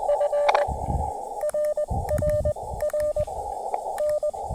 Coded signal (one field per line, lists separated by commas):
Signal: Morse code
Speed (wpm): 20 wpm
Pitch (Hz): 590 Hz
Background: radio noise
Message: F RRR N